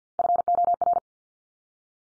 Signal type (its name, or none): Morse code